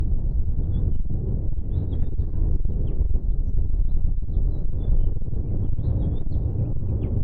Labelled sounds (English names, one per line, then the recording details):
House Finch song
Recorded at Lawrence on Long Island, New York, on 4 June 1975
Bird C